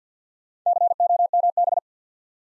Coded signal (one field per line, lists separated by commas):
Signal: Morse code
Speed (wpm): 50 wpm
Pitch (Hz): 700 Hz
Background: none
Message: COMB